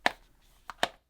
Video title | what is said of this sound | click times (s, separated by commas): Do I want the Magsafe Leather Case? | opening the retail packaging you get a very satisfying clicking noise | 0.1 s